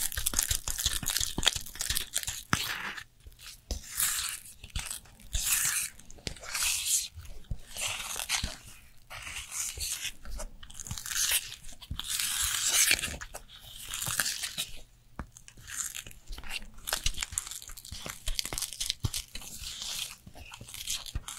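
A Korean skincare routine comes through as a run of crisp, crunchy crinkling and rustling, like packaging being handled and torn. The bright scratchy bursts come irregularly and densely, with brief quiet gaps every few seconds, over a faint steady low hum.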